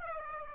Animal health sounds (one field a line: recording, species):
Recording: mosquito wingbeat signal from an infrared sensor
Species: Aedes aegypti